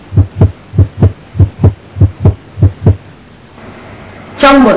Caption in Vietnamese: Tiếng thứ hai mạnh lên chủ yếu do tăng áp đại tuần hoàn hoặc tiểu tuần hoàn. Trong tăng huyết áp, T2 mạnh nghe rõ ở liên sườn 2 phải và thường ở liên sườn 3 trái.